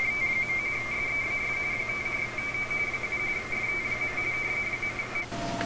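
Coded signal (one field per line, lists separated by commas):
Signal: RTTY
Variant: 45.45 baud Baudot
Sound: rapid warbling between two close high tones, continuous, then cut off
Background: radio static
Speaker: there you have it in the receive mode now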